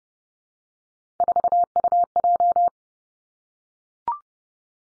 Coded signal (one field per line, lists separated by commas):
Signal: Morse code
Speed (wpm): 30 wpm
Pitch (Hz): 700 Hz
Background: none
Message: 4UJ